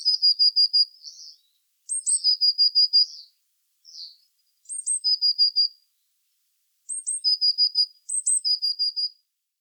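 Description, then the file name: Eurasian blue tit with repeated phrases of sharp, very high notes running into a fast, silvery trill, with several phrases given in quick succession. "Cyanistes caeruleus"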